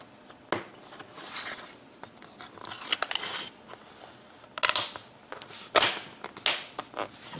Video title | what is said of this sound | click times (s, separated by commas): LED Aluminum Profile Installation | so you make sure that snaps in place and now you can see that our end cap | 0.5 s, 3.1 s, 4.7 s, 5.8 s, 6.5 s